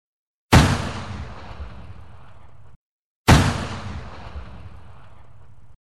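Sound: rifle shots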